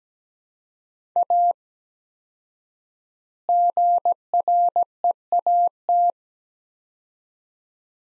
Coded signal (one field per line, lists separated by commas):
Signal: Morse code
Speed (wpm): 17 wpm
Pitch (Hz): 700 Hz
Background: none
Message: A GREAT